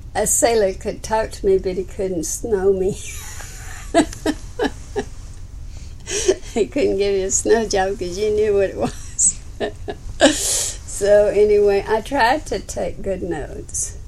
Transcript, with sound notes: a sailor could to me but couldn't snow me.. (laughs) He couldn't get a snow job, you knew what it was. I tried to take good notes.